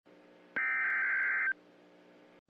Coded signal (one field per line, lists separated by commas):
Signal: Emergency Alert System (SAME) tones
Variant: header bursts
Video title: Surprise Attack (EAS Scenario)